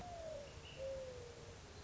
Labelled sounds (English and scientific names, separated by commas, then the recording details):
Mourning Dove (Zenaida macroura)
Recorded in Sonoma County, California